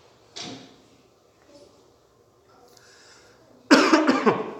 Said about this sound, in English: That's my second cough.